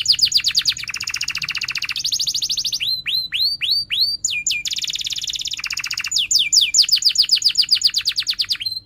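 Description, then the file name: Canary singing continuous fast trills, switching between buzzy rolls, bright high tours and a few slower swooping whistled notes. Domestic canary singing actively (gacor) with chirping cuit-cuit notes and sharp rolling trills (ngerol). "Suara Kenari Gacor Cuit Cuit Ngerol Tajam"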